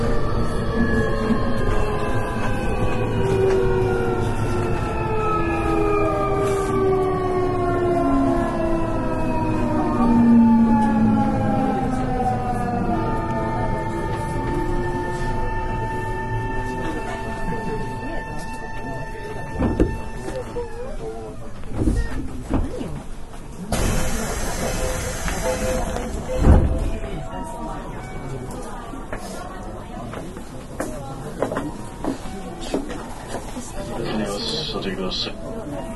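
A Nankai 8300 series train rides along, its motor whine sliding steadily downward in several tones over the first twenty seconds as it slows. Near the twenty-fourth second a sharp hiss of air sounds, followed by a clunk, then quieter rumbling.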